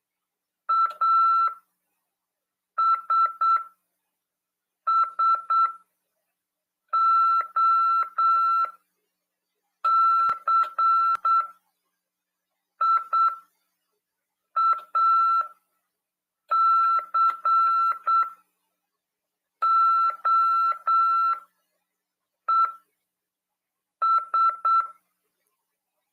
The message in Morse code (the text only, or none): ASSOCIACOES